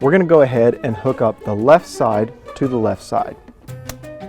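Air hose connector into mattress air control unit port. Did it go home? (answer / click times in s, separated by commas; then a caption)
yes / 3.9 s. Someone talks as the left-side air hose connector, a plastic coupling with a check valve inside, is pushed onto the left port of the bed's air control unit. A short, sharp click sounds at 3.9 seconds as it seats firmly in place, the only sign that it is connected.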